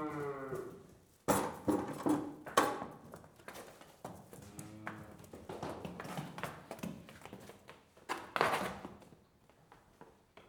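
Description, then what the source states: Cow walking in: a creak at the start, then heavy irregular hoof thuds and clatter, with a low brief moo-like sound midway. A door opens and one cow walks in.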